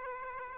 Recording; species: mosquito wingbeat signal from an infrared sensor; Aedes aegypti